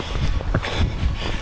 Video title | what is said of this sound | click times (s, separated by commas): Running with Leki Ultra Poles - Lessons Learned from My First 100KM Ultra Marathon | when they're fully extended you'll hear a clicking noise and that gets the pole nice and ready and all connected | 0.6 s